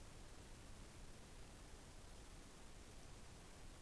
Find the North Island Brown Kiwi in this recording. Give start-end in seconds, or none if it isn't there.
none